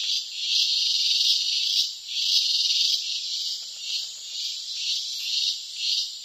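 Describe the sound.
Cicada song, a continuous high, hissing buzz that swells and fades unevenly, with no other clear sounds.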